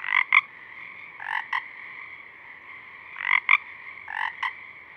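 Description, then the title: Pacific chorus frog giving four raspy two-part calls over a continuous background chorus. A few small frogs singing at dusk, recorded through a parabolic reflector. "Pacific Chorus Frogs (Pseudacris regilla), dusk, Parabolic"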